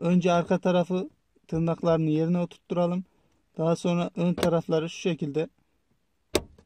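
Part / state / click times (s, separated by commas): interior light lens cover into roof light housing / seated / 6.4 s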